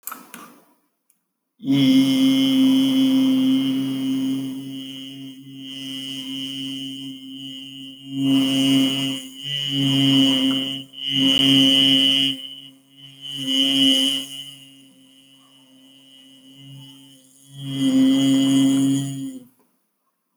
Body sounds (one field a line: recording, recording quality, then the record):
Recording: sustained vowel as in beet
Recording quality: excellent, no background noise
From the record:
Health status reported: respiratory illness, not identified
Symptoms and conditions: hypertension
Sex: male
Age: 40 years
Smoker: not ticked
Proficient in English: yes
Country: India